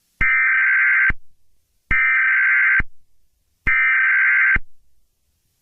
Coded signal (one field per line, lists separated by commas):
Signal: Emergency Alert System (SAME) tones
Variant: header bursts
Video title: Eas scenario - something bad will happen soon PART 1